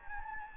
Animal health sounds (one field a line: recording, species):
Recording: mosquito wingbeat signal from an infrared sensor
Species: Anopheles gambiae